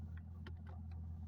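A replacement bushing is pressed by hand into the eye of a C5 shifter cable end, with the cable pulled up two clicks into neutral. Over a steady low hum, faint ticks come at 0.2 and 0.7 seconds, and the sharpest snap at 0.5 seconds is the bushing popping into the cable end and seating.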